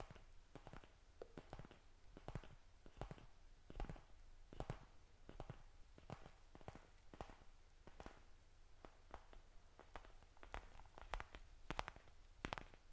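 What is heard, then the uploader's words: Crisp tapping on a surface, with sharp bright clicks arriving irregularly about two or three times a second. Some taps land harder than others, especially near the end, over a faint steady low hum. ASMR Tapping Scratching Touching.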